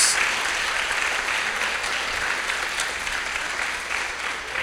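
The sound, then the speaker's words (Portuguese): Sustained applause from a church audience, given for the Lord during a sermon: a dense, steady clatter of many hands clapping at once, fairly loud and tapering slightly toward the end, with no voices standing out. “Dá uma salva de palmas para o Senhor.”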